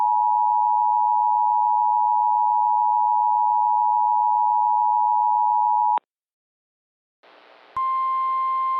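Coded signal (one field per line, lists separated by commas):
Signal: Emergency Alert System (SAME) tones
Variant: 853 and 960 Hz attention tone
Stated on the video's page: Simulated Emergency Alert System alert, part of a fictional scenario series.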